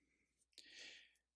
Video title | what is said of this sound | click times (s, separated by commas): How to clean a Bluephase Style dental curing curing light | and it just clicks into place | 0.6 s